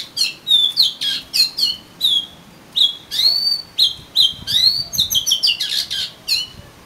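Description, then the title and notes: Oriental magpie-robin song, a lively sequence of clear whistles, upslurred notes and quick chirps, nearly continuous throughout. "suara kacer. kumpulan suara burung kacer"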